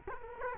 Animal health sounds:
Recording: mosquito wingbeat signal from an infrared sensor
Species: Culex quinquefasciatus

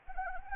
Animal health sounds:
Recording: mosquito wingbeat signal from an infrared sensor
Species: Anopheles arabiensis

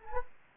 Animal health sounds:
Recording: mosquito wingbeat signal from an infrared sensor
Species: Anopheles arabiensis

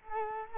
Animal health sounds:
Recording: mosquito wingbeat signal from an infrared sensor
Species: Culex quinquefasciatus

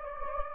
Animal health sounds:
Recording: mosquito wingbeat signal from an infrared sensor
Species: Anopheles gambiae

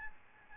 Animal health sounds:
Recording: mosquito wingbeat signal from an infrared sensor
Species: Aedes albopictus

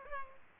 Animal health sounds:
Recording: mosquito wingbeat signal from an infrared sensor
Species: Culex pipiens

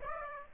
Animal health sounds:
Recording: mosquito wingbeat signal from an infrared sensor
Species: Aedes aegypti

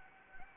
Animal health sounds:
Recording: mosquito wingbeat signal from an infrared sensor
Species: Anopheles gambiae

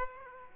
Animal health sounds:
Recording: mosquito wingbeat signal from an infrared sensor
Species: Aedes aegypti

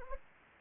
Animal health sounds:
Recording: mosquito wingbeat signal from an infrared sensor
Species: Anopheles gambiae

